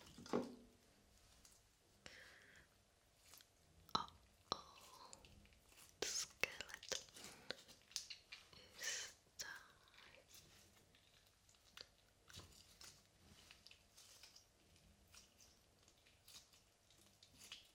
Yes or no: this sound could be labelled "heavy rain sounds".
no